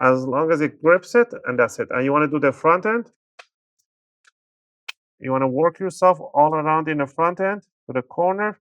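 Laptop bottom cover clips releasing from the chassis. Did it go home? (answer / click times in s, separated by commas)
released / 3.4 s, 4.9 s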